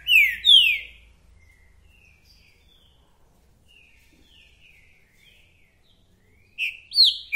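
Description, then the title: Green-winged saltator song: two loud down-slurred whistles at the start, quiet whistled phrases in between, and three loud whistles again at the end. Calling, singing and acting aggressively male in a territorial dispute; a repeater giving one song after another; 'mercenário' song type; presented to warm up other trinca-ferros. "Esse É PERFEITO Para ESQUENTAR Seu TRINCA Piando, Cantando E Macheando Na DISPUTA. 🔥TRINCA FERRO REPETIDOR !! UM CANTO ATRÁS DO OUTRO!!! TRINCA FERRO MERCENARIO!"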